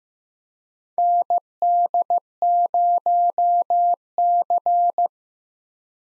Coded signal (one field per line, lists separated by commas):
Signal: Morse code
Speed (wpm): 15 wpm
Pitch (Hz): 700 Hz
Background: none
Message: ND0C